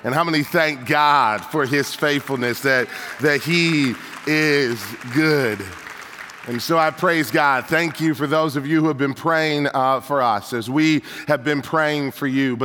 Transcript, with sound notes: How many thank God for His faithfulness, that He is good!? (applause) And so I thank God. Thank you for those of you who have been praying for us, as we have been praying for you.